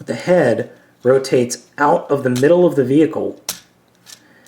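While a plastic toy car is being transformed into a robot, someone talks as the toy robot head is rotated out of the middle of the vehicle, with its tight pin headed for its socket in the car body. Brief plastic handling sounds follow, including a sharp tap near 3.5 s and faint ticks after 4 s. The pin has not snapped into place yet, and nothing has seated.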